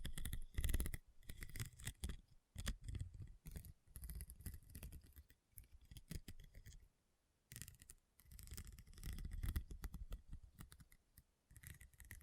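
Rhinestones are tapped and scratched in quick, uneven bursts of clicks and scrapes, pausing briefly around six and seven seconds before resuming.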